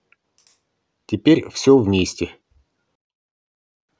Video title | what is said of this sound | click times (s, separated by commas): Как подключить выключатель Вико? Выключатель установка. Выключатель замена. #выключательviko | Вставляю обойму до щелчка. | 0.1 s